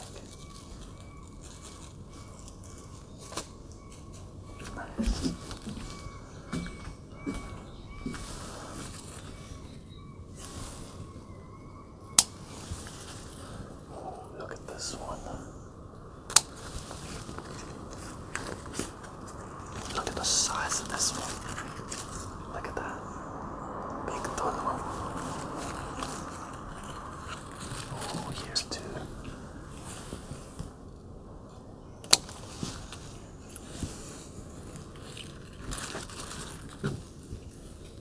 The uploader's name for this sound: Harvesting Grape Leaves from Our Patio Garden